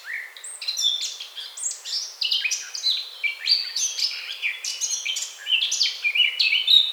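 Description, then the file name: Eurasian blackcap with nonstop lively warbling, quick jumbled notes sliding up and down without a clear break. "Sylvia atricapilla"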